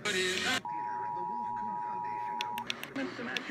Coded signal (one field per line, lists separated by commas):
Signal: Emergency Alert System (SAME) tones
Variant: 853 and 960 Hz attention tone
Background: speech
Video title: PA Required Monthly Test (11/15/18)